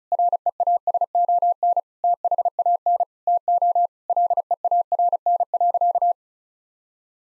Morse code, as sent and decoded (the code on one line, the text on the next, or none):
.-. . .- ... --- -. / - .... .- -. / - --- / .-.. . .- .-. -. .-.-.-
REASON THAN TO LEARN.